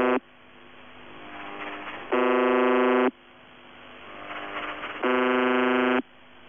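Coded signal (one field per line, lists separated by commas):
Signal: channel marker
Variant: UVB-76, The Buzzer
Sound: harsh low buzzes about a second long, roughly every three seconds, over a faint hum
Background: radio static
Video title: [UVB-76, The Buzzer] Voice Message (but the marker doesn't stop); 11. January 2021, 12:45 UTC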